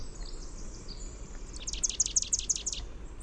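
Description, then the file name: Chestnut-backed chickadee giving a gargle, a rapid series of sharp high notes after a quiet start, with soft background noise. "CBCH gargle"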